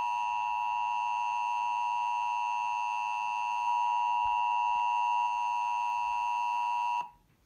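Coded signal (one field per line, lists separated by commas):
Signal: Emergency Alert System (SAME) tones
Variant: 853 and 960 Hz attention tone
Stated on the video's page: Mock recreation of the 2011 National EAS Test containing valid EAS tones.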